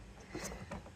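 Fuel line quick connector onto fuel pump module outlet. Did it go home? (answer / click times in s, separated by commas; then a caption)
yes / 0.7 s. A fuel line quick-connect fitting is pushed onto the outlet port of the fuel pump module during a fuel pump replacement on a Volvo XC90 with a bad fuel gauge. A short, sharp click is heard at 0.7 s over a low background hum. The connector is seated all the way down.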